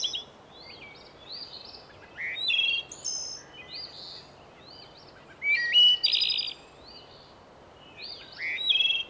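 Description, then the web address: Bird song of clear whistled notes, some flat and some stepping up or down, in short bursts every couple of seconds with brighter buzzy phrases, over a steady background hiss. "bondar bird"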